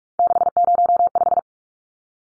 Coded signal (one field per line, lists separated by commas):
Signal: Morse code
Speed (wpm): 44 wpm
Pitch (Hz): 700 Hz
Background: none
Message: 605